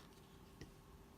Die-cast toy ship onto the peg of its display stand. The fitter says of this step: put it in the peg port hear that click and you're